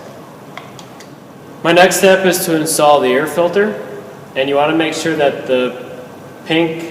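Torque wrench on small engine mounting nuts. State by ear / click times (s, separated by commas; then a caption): torque reached / 0.6 s. A torque wrench fitted with a 10 mm socket, an adapter and an extension tightens two mounting nuts on a small engine until it clicks at its setting, giving a short sharp tick at 0.6 s. Someone then talks.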